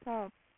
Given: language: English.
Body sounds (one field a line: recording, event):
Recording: throat vibration sensor signal played as sound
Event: speech